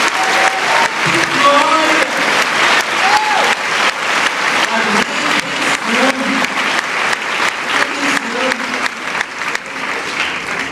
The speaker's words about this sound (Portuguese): Pode dar um aplauso ao Senhor.